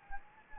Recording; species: mosquito wingbeat signal from an infrared sensor; Anopheles gambiae